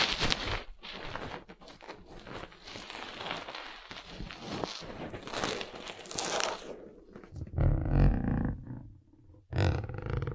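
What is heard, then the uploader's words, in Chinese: Ear massage: dense, crackly rubbing with bright rustle for six seconds, then heavy muffled low thumping, a brief pause, and rubbing resumes. 按摩耳朵，一些让人放松的声音。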